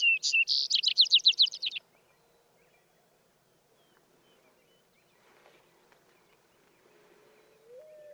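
Vesper sparrow song heard once, its start cut off: a brief whistled opening slides into a quick trill, followed by quiet with a soft low tone near the end.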